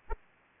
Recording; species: mosquito wingbeat signal from an infrared sensor; Aedes aegypti